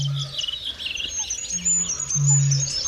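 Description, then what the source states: Goldcrest song: very high, thin notes running on above an intermittent low hum, with other faint bird calls. High, bright voice; heard in Siggefora, Uppland, during a live radio broadcast.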